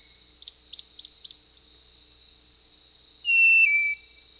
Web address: Natures Songs S America Birds of the Amazon Lawrence's Thrush (Turdus lawrencii), Peru